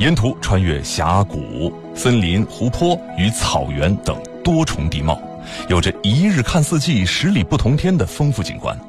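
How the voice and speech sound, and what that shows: An adult man reads Mandarin news fluently at a steady pace on a radio news program, voice clear and even, over a faint steady tone.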